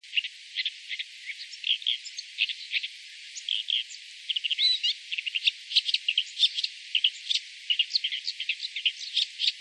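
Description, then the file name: Bull-headed shrike giving fast bursts of sharp, scratchy high notes, mixed with short twittering phrases, repeated almost without a break. "mozu"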